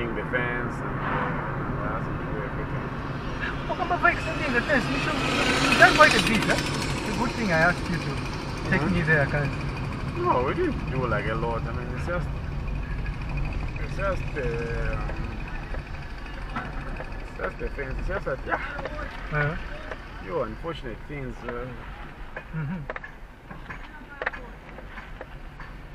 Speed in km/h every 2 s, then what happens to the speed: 46, 43, 41, 38, 35, 27, 19, 18, 9, 8, 7, 5, 4.
0-16 slows to 9. 16-26 steady at about 7.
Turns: none.